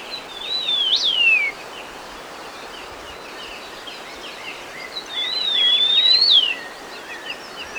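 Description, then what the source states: Sunda bush warbler song: two drawn-out whistled phrases, each wavering then sliding up before a quick drop, a few seconds apart, with faint chirps behind. Recorded on 1 March 2008.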